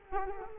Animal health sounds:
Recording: mosquito wingbeat signal from an infrared sensor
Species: Culex quinquefasciatus

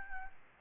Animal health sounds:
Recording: mosquito wingbeat signal from an infrared sensor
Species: Aedes albopictus

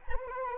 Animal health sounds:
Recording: mosquito wingbeat signal from an infrared sensor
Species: Anopheles arabiensis

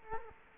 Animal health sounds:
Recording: mosquito wingbeat signal from an infrared sensor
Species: Culex quinquefasciatus

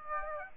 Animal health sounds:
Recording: mosquito wingbeat signal from an infrared sensor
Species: Aedes aegypti

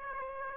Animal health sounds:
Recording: mosquito wingbeat signal from an infrared sensor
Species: Aedes aegypti

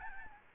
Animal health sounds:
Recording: mosquito wingbeat signal from an infrared sensor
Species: Aedes albopictus

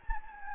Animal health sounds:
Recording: mosquito wingbeat signal from an infrared sensor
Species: Anopheles gambiae

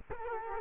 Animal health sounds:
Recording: mosquito wingbeat signal from an infrared sensor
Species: Culex quinquefasciatus

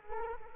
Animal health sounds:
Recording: mosquito wingbeat signal from an infrared sensor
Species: Culex quinquefasciatus

